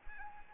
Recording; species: mosquito wingbeat signal from an infrared sensor; Anopheles arabiensis